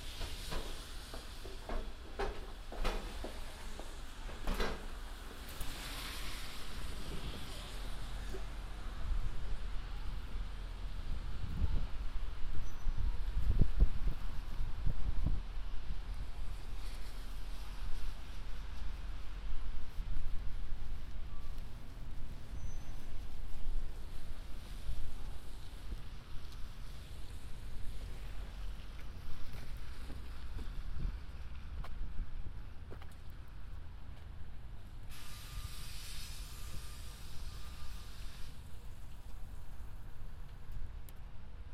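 A binaural field recording made while traveling through the city, dominated by a steady low rumble like a moving vehicle or train. Scattered clicks and knocks come early, with louder thumps around the middle. A brief hiss and a thin tone appear near 35 seconds.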